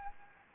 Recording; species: mosquito wingbeat signal from an infrared sensor; Anopheles gambiae